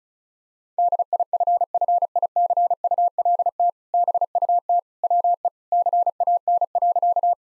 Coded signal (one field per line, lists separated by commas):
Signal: Morse code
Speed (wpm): 35 wpm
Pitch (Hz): 700 Hz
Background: none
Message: DIFFICULT BUT WE CAN.